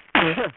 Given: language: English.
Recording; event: throat vibration sensor signal played as sound; cough